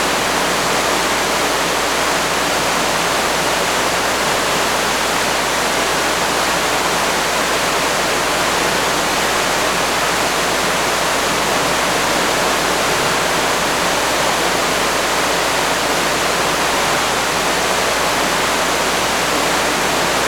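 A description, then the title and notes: A waterfall roars steadily at a cave opening, a dense, unbroken rush of water with no pauses or changes across the twenty seconds. The sound is full, reaching from a low rumble up to a bright hiss, with no other sounds standing out. Waterfall at the Cave Opening.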